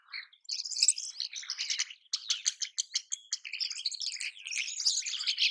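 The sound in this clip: Rosy starling chattering: a dense, scratchy stream of rapid clicks, rattles and squeaky notes, briefly pausing near two seconds, then continuing harsh and busy to the end.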